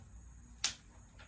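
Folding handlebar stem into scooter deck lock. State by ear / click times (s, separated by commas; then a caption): seated / 0.6 s. The folding handlebar stem of a new Volpam SPT7 electric scooter is pushed into its deck lock during unboxing. A single sharp, loud click sounds at 0.7 s against a quiet background, and the stem locks into place.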